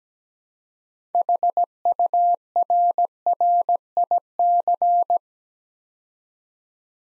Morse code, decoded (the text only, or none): HURRIC